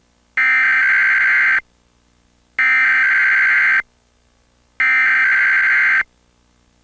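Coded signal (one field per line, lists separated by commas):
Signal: Emergency Alert System (SAME) tones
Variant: header bursts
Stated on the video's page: Comcast cable required weekly test recorded during a Nicktoons rerun, with a duplicate test sent.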